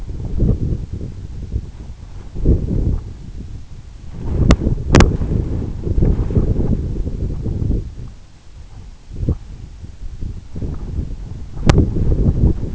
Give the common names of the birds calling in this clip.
none